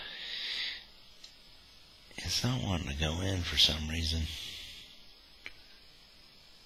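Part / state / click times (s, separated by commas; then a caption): plastic brick part into a brick model section / seated / 5.5 s. A stiff plastic brick part resists going into a section of a LEGO Executor Class Star Destroyer 10221 model while someone talks. It then seats with one sharp click at 5.5 seconds, snapping right in.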